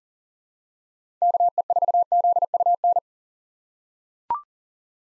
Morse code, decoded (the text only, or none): KE4ZUN